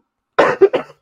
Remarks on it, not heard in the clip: Fever and a wicked cough the whole time. Coughing so hard that I puked a couple times.